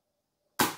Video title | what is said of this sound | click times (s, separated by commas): 와이파이 핫스팟 무선카드단말기 KIS-8611Q 구매문의 1522-7221 | 소리가 나죠 그러면 제대로 닫친 거예요 | 0.6 s